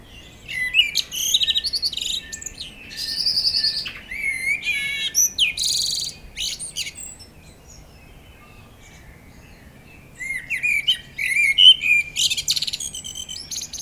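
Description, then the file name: Common blackbird with a long, varied song phrase of mellow whistles and high, shrill twittering, a quiet gap, then a second fluting phrase. "Turdus merula"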